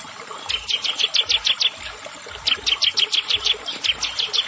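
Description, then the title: Prinia giving rapid series of high, sharp chirps in runs separated by brief gaps. "Ciblek Sawah"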